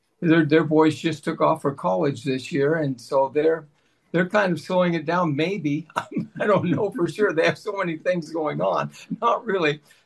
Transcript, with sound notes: their boys just took off for college this year, and so they're, they're kind of slowing it down maybe (laughs) . I'm ... I don't know for sure. They have so many things going on. Not really.